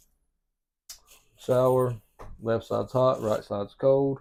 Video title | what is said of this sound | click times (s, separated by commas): New 2023 CrossRoads Hampton 378DBB Destination Trailer walk-through | so whenever you push it down you always want to make sure it clicks | 0.9 s